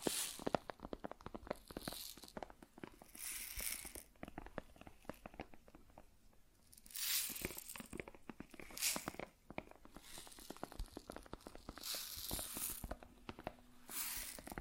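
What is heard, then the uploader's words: Grains rustle and crackle in dense, rapid ticks, with bright hissing pours swelling every few seconds and fading back to scattered clicks. ASMR Grain Sounds (No Talking).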